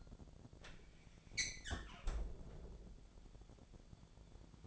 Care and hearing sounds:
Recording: daily activity, microphone in the room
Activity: close fridge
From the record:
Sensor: 5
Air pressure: 1000.1 hPa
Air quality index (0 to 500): 108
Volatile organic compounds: 1 ppm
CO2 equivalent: 870 ppm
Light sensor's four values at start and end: 199/475/201/219 and 195/466/197/214

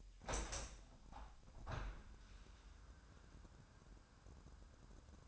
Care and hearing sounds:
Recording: daily activity, microphone in the room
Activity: open window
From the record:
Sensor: 2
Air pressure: 998.0 hPa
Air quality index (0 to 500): 144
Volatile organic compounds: 4 ppm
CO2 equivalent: 1632 ppm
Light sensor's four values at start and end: 10/30/12/11 and 10/30/12/11

